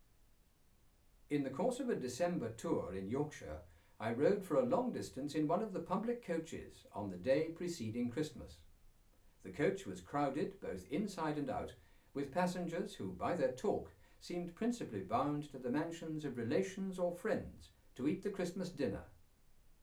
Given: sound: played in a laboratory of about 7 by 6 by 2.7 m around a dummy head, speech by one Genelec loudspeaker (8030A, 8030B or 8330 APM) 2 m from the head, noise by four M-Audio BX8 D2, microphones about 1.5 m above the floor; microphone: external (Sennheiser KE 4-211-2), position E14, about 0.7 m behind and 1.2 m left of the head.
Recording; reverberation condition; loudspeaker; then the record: male speech in English; low; 30 degrees to the left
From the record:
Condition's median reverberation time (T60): about 310 ms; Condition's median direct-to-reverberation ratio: about 3.5 dB